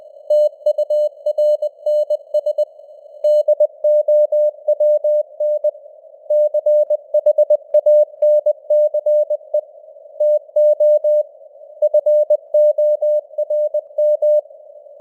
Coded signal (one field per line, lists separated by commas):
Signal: Morse code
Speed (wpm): 20 wpm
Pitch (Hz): 600 Hz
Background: none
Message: TURNS DOWN CHANCE TO FORM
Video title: Morse Code News | 2026-01-13 | 20wpm